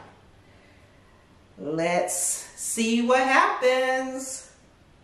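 Someone talks over a quiet background while handling a Mounjaro 2.5 mg prefilled injector pen held against the skin, its purple injection button about to be pressed and held. Speech runs from about 1.6 to 4.5 seconds with no sharp transient. Nothing has clicked yet.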